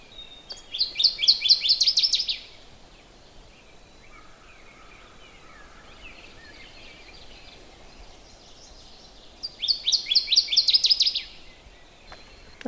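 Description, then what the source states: Northern Waterthrush singing twice: each song is a quick, loud run of sharp chirping notes. About seven quiet seconds with faint other bird sounds separate the two songs. Loud three-part song heard from a distance along a trail.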